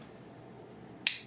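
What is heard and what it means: A Gavco custom folding knife is opened, and its blade lock, made heavier than normal on request, snaps into the handle with a single sharp, bright click at 1.1 s over faint low background noise. The lock slams fully into place and is seated.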